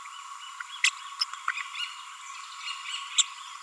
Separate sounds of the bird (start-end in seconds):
0.84-0.90, 1.21-1.24, 1.49-1.51, 3.18-3.23